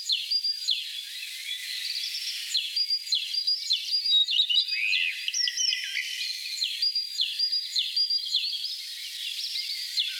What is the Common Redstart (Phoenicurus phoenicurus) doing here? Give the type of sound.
song